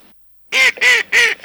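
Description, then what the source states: Mallard giving three loud, harsh quacks in quick succession after a brief silence, with a fourth just starting at the end. Recorded in Russia.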